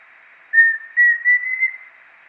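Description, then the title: Pheasant cuckoo whistled call: a clear opening note followed by three short, slightly rising whistles in quick succession over a quiet background. "LuckyPassaro Completos2Sama. Pheasant Cuckoo (Dromococcyx phasianellus)"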